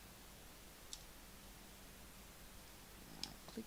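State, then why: Seated. A plastic LEGO-style building-brick leg joint piece from set 80010 is pressed onto a brick-built figure. Two sharp, brief clicks ring out at 0.9 s and 3.2 s over a quiet background, followed by a soft low bump just after. The joint clicks in and is seated.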